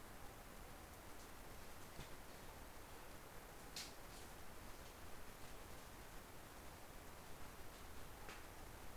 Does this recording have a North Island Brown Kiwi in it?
no